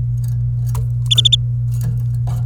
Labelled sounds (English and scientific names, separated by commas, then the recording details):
Domestic Canary (Serinus canaria) song
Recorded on 27 April 2018 at 09:16
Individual llb3